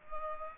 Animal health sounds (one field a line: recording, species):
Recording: mosquito wingbeat signal from an infrared sensor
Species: Culex pipiens